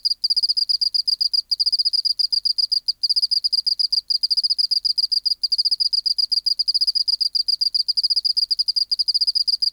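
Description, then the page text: Oceanic field cricket song: a long, rapid, high trill of clicking pulses, briefly broken a few times and otherwise steady, against a quiet background. Museum specimen recorded in an acoustic laboratory, 19 March 1984, 11:15 local time, 24 °C, 30% humidity, dim light. "Teleogryllus oceanicus. BioAcoustica"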